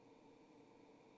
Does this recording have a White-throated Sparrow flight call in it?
no